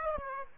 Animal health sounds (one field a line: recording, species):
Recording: mosquito wingbeat signal from an infrared sensor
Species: Aedes aegypti